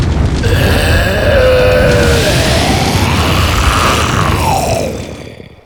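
A loud, steady whoosh of a fire jet shooting out of an igloo, with a deep, wavering, terrible monstrous roar running through it, sustained for about five seconds before tapering off.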